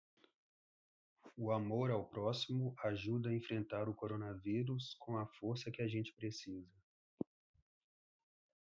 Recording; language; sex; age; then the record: spoken sentence; Brazilian Portuguese; male; 40 to 49 years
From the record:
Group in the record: control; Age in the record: 46 years